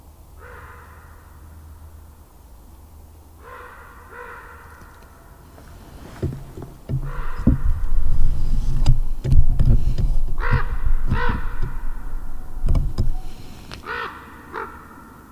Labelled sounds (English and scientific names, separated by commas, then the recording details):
Common Raven (Corvus corax) call
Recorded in the wild
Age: adult
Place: Altsorgefeld, NSG Rochauer Heide, Brandenburg, DE
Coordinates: 51.7833, 13.5397
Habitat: wood
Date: 2007-03-04 18:14
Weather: fair, 3-4 °C, no wind
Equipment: Sound Devices 702, Sennheiser MKH 70, Windkorb
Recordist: Frommolt, Karl-Heinz